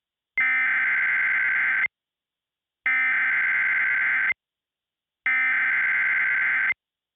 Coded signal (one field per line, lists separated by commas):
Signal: Emergency Alert System (SAME) tones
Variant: header bursts